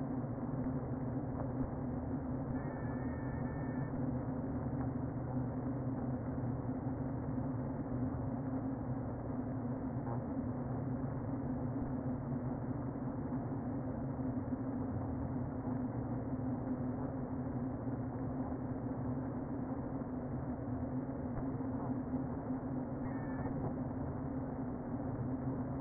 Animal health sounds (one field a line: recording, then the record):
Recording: honeybee colony, microphone inside the hive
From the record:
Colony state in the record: queen present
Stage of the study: before two queens were removed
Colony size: about 60,000 bees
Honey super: yes